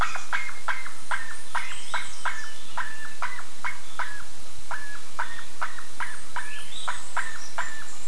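Bird calling in a fast run of short, clipped notes, some overlapping, with a thin scatter of higher twitters behind them.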